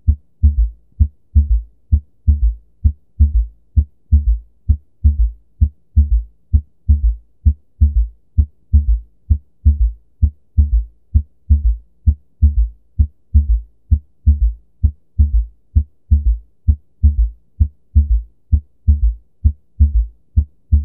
The third heart sound, also known as the “ventricular gallop,” occurs &nbsp;just after S2 when the mitral valve opens, allowing passive filling of &nbsp;the left ventricle. The S3 sound is actually produced by the large &nbsp;amount of blood striking a very compliant LV. A S3 can be a normal finding in &nbsp;children, pregnant females and well-trained athletes; A S3 heart sound is often a sign of systolic heart failure, however it may sometimes be a normal finding.